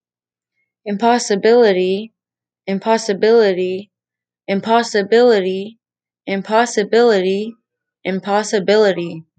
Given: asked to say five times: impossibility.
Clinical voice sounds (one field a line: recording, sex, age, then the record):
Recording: repeated word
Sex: female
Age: 20 to 29 years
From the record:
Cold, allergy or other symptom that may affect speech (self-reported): no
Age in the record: 26 years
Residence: Texas, United States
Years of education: 13